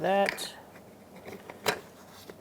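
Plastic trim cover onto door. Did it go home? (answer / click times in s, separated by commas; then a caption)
no / none. Someone talks briefly while a plastic trim cover is handled and positioned onto the door of a 2002-2006 Toyota Camry during front window regulator replacement. Soft plastic handling sounds follow, with brief sharp taps around 1.5 s, 1.7 s and 2.3 s. The cover has not seated or snapped into place yet.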